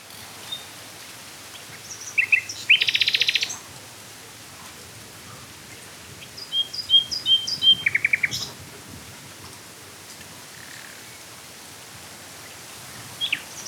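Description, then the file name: Common nightingale song in short bursts: a rapid buzzy rattle near two seconds, later a run of high thin notes and a brief trill, with quiet gaps between phrases. "Luscinia megarhynchos"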